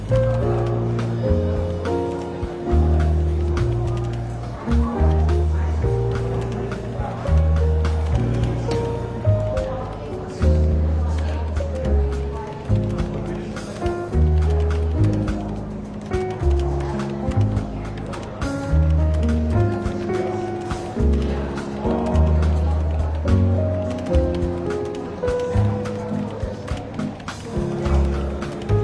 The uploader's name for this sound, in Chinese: 伦敦书店咖啡馆轻微喧闹氛围与柔和轻松的爵士背景音乐